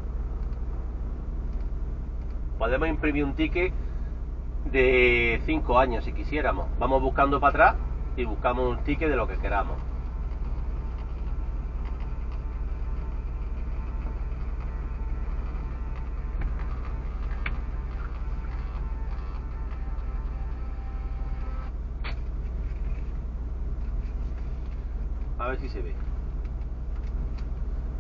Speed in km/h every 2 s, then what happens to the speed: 1, 0, 0, 0, 0, 0, 0, 0, 0, 0, 1, 0, 0, 0.
0-28 standing.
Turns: none.